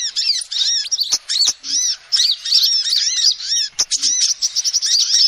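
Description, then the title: Lovebird giving piercing, twittering chatter of quick arched squeaks in bursts with brief gaps, and a few loud clicks. Lovebird call used as a lure to trap birds. "PIKAT BURUNG LOVEBIRD"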